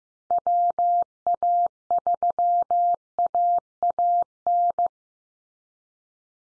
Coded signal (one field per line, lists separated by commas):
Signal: Morse code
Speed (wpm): 15 wpm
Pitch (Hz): 700 Hz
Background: none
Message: WA3AAN